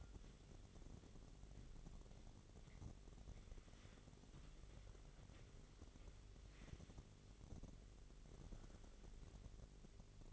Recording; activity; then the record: daily activity, microphone in the room; wipe stove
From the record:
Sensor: 4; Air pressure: 1004.0 hPa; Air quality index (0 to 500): 156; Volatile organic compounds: 2 ppm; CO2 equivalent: 1118 ppm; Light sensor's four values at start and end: 13/30/12/13 and 13/30/12/13